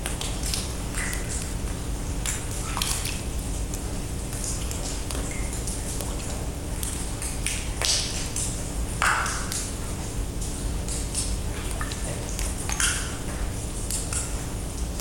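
Water drips inside a dark limestone cave, sharp bright plinks falling irregularly every second or so over a steady low rumbling hiss.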